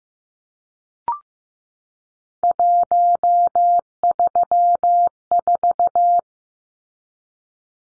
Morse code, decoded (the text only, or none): 134